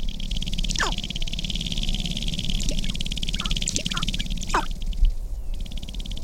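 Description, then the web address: Sharp-tailed grouse giving a few sharp, falling notes and faint calls over a continuous buzzy background hum. "Natural Sounds Sharp-tailed Grouse"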